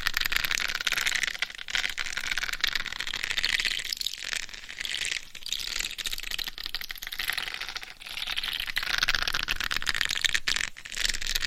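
Continuous scratching and rubbing against a mic cover, a dense, bright, hissy scraping that fills the whole clip with little low end. The strokes swell and ease in waves, with brief gaps near 4, 5, 8 and 10.5 seconds.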